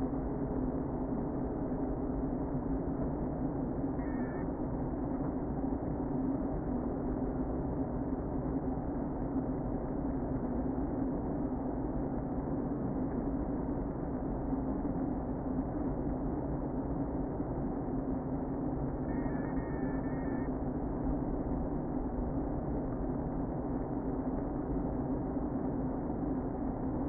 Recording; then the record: honeybee colony, microphone inside the hive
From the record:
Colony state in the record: queen present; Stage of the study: before two queens were removed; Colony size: about 60,000 bees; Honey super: yes